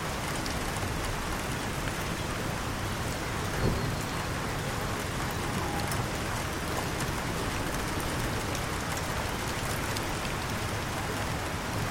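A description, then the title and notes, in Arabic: Gentle rain falls onto the still surface of a canal, a dense, steady hiss of drops spread evenly from low to bright. Individual drops tick faintly through the wash, with one slightly louder splash near four seconds; otherwise the level stays constant throughout. حيث تقبّل قطرات المطر اللطيفة سطح قناة هادئة. قطرات المطر على النهر.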